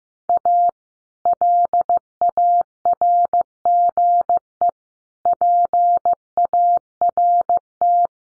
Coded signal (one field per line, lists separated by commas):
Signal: Morse code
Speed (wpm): 15 wpm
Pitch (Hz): 700 Hz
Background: none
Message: A LARGE PART